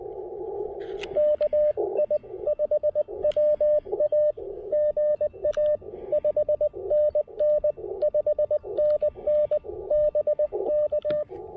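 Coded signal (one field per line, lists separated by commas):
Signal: Morse code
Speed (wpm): 19 wpm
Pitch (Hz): 600 Hz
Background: radio noise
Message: KI5WA GA 5NN 5NN BK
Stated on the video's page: QRP park (POTA) activation on the Blue Ridge Parkway using an IC-705.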